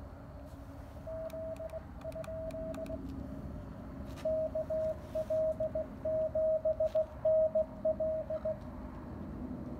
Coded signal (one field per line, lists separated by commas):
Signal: Morse code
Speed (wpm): 19 wpm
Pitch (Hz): 630 Hz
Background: radio noise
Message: Z? KL7NL